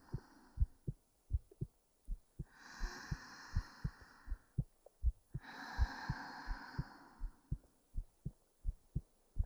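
A steady heartbeat at about 80 beats a minute, heard as soft, deep thumps up close. Two long airy whooshes, breaths or rustling, pass over the beats midway.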